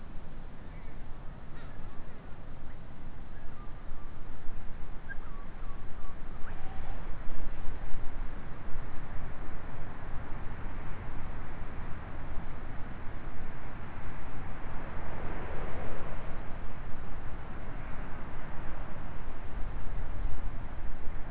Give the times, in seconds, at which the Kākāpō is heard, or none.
none